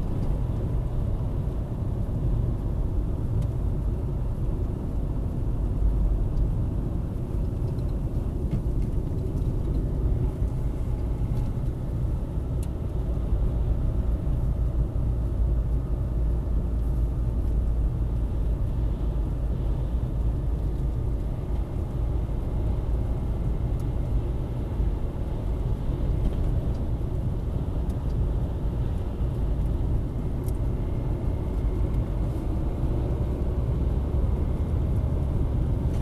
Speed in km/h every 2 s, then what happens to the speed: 51, 51, 52, 47, 43, 48, 45, 43, 42, 41, 41, 43, 46, 46, 45, 46, 50, 54.
0-29 slows to 45. 29-36 speeds up to 54.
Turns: none.